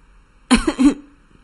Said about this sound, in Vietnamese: Đột nhiên, một cô gái dáng người cao gầy, trần như nhộng, đang nằm bên cạnh Vương Hạo bị khói thuốc làm sặc đến ho khan lên. À! Liên tục ho khan hai tiếng